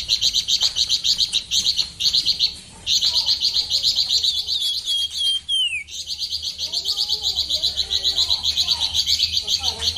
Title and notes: Pijantung Gunung Gacor Jernih Panjang. Masteran burung